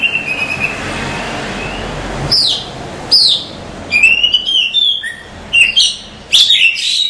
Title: Suara Kacer